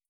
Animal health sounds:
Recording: hydrophone in a shrimp aquaculture tank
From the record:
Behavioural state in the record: starved

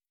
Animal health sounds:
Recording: hydrophone in a shrimp aquaculture tank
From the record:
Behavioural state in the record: starved

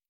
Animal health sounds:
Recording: hydrophone in a shrimp aquaculture tank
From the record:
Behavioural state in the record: stressed

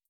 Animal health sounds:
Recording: hydrophone in a shrimp aquaculture tank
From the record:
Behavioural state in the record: feeding

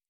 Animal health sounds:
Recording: hydrophone in a shrimp aquaculture tank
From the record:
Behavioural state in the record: normal

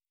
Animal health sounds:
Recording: hydrophone in a shrimp aquaculture tank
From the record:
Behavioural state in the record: normal

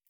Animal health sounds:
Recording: hydrophone in a shrimp aquaculture tank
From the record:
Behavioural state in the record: feeding

